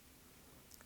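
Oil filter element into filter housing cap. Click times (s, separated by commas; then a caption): 0.7 s, 0.8 s. A new paper oil filter element for a 2006 VW Golf 1.9 TDI is pushed by hand into the plastic filter housing cap, with faint handling noise at first. Two short clicks come at 0.7 s and 0.8 s as the element seats in the cap.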